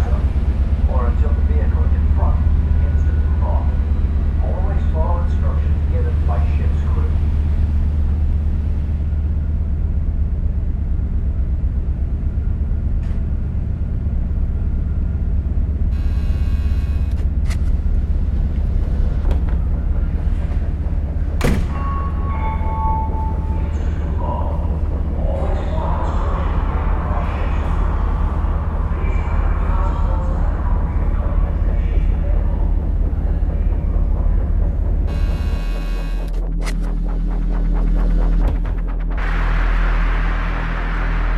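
A montage of ambient sounds from a trip in Wales, built on a steady low rumble like a moving vehicle. Faint voices come and go, with clicks and rattles around 16 and 36 seconds and a sharp knock near 21 seconds. The drone shifts lower near the end.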